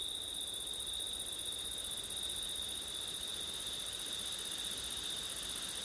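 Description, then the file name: Crickets trilling together in a dense, constant high-pitched drone, even in loudness from start to finish. Crickets at night in September, with wind; ORTF recording. "crickets wind september night ortif"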